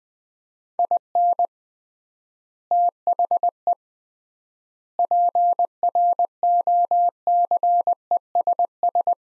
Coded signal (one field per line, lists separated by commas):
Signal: Morse code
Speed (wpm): 20 wpm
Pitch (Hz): 700 Hz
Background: none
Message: IN THE PROCESS